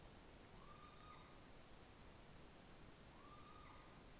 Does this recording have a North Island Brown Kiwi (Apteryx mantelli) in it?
no